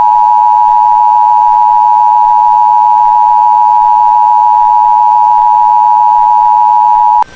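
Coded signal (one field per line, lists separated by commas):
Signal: Emergency Alert System (SAME) tones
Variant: 853 and 960 Hz attention tone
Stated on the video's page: Fictional EAS scenario with valid EAS tones.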